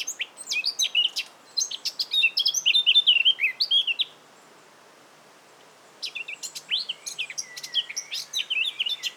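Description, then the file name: Eurasian blackcap song in two bursts of fast, scratchy twittering mixed with short fluty whistles, separated by a pause of about two seconds. "Sylvia atricapilla"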